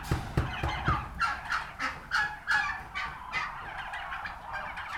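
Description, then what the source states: Turkey gobbles come in rapid rattling bursts over a background of more birds calling. Recorded at a turkey farm.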